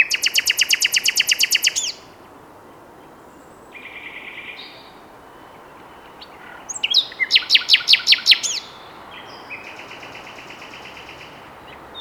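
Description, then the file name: Common nightingale song: a fast series of loud repeated notes, a pause with a soft phrase, then another burst of rapid, rattling notes and a fainter phrase. "Luscinia megarhynchos"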